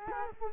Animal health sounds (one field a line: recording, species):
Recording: mosquito wingbeat signal from an infrared sensor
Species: Culex quinquefasciatus